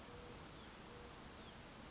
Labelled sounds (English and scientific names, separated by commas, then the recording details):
Western Flycatcher (Empidonax difficilis)
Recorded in Sonoma County, California